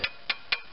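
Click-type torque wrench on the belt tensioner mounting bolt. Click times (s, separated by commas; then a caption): 0.3 s. A click-type torque wrench tightens the serpentine belt tensioner assembly mounting bolt on a 1993 GM S-10 truck's 4.3L V6 and clicks at its setting. Three sharp metallic ticks sound at about 0.1, 0.3 and 0.5 seconds, and the wrench's torque click is at 0.3 seconds.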